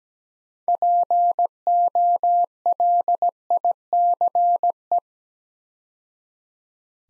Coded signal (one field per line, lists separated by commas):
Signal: Morse code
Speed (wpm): 17 wpm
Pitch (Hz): 700 Hz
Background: none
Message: POLICE